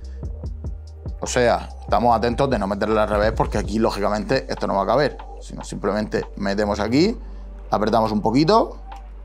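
A second laptop-style RAM stick is being inserted into the memory slot on the motherboard of a refurbished Dell Optiplex 3080 mini PC. Someone talks over background music, with a few faint short taps near the start. The clip ends before the module is pressed home, so nothing has seated or clicked yet.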